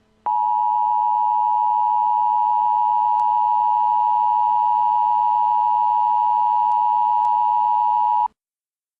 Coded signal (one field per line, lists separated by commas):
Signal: Emergency Alert System (SAME) tones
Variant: 853 and 960 Hz attention tone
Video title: Hostage Situation EAS: Muncie, IN